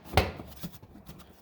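A plastic battery/engine bay cover on a third-generation Acura MDX is pressed down after a battery swap, and one of its clips snaps into the engine bay trim. A single sharp click is heard at 0.2 seconds, followed by faint handling noise. The clip seats into place.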